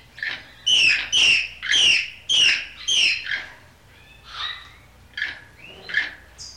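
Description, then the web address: Parrot squawks, five loud harsh calls in quick succession, then softer chattering notes and a high squeak at the end. "animals parrots"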